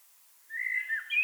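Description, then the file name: Common blackbird: one drawn-out mellow whistled note, slightly wavering, ending in a higher brief tone. "Turdus merula"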